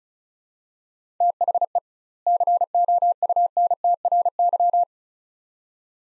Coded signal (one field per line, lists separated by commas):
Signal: Morse code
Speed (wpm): 34 wpm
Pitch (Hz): 700 Hz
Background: none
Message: THE COUNTRY